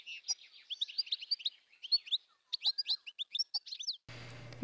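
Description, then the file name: European goldfinch song, a busy stream of lively twittering and tinkling notes, ending in a short burst of rushing noise. "tengelic"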